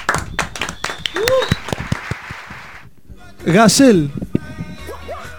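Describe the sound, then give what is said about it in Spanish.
Scattered hand claps welcome the guest of the day on a live radio show, mixed with excited voices and a loud whoop partway through, then chatter carries on as the clapping thins out. “Fuerte el aplauso, viejo, antes de presentarlo.”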